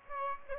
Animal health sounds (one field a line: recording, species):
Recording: mosquito wingbeat signal from an infrared sensor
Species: Aedes aegypti